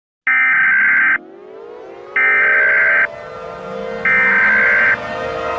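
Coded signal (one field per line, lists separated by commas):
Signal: Emergency Alert System (SAME) tones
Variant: header bursts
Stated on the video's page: Fictional, fake EAS scenario tones.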